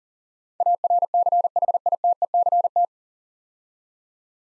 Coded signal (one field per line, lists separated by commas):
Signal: Morse code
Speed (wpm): 40 wpm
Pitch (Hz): 700 Hz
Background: none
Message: ARCHITECT